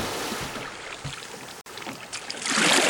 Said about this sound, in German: Während unsere Freunde wieder der Küste Britanniens entgegenrudern